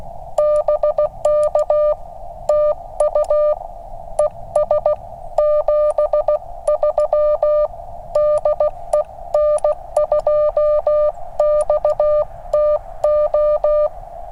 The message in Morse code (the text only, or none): BK TU ES 73 DE N2XTO